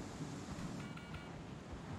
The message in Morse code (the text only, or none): none